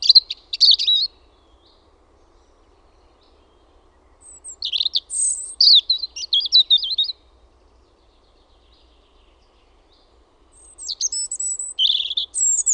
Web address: Linnut PUNARINTA